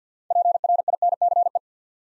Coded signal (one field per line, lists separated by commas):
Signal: Morse code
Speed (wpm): 50 wpm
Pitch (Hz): 700 Hz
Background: none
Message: PRINCE